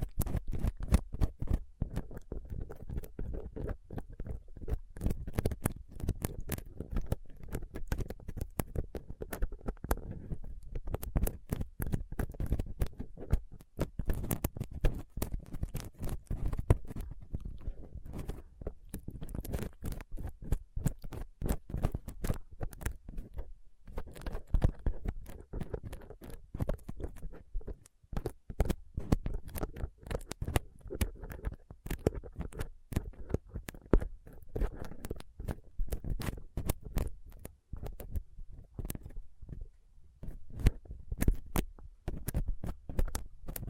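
Rough scratching and picking on a microphone with a dental pick, tweezers and a cotton swab. Dense, irregular clicks and scrapes run without pause for the whole stretch, mostly low and dull with sharp bright ticks scattered throughout.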